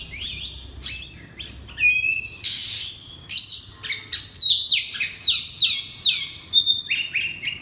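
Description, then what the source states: Oriental magpie-robin song: loud, varied whistles and sweeping chirps in quick bursts, most phrases sliding down, delivered in near-continuous sequence. Singing loudly in the 'ngeplong' song style.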